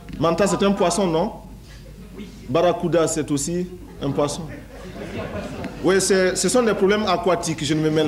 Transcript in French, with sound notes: Manta c’est un poisson non?
Oui!
Barracuda, c’est aussi un poisson?
Oui [Rires dans la salle]
Oui, ce sont des problèmes aquatiques, je ne me mêle pas de